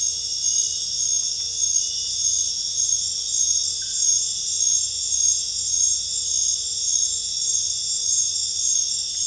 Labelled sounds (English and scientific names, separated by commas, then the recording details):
none
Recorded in dense forest near Puerto Asís, Putumayo, Colombia, on 26 December 2024 at 22:30
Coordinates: 0.484, -76.325
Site G056